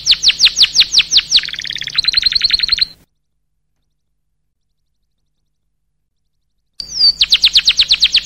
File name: suara burung kenari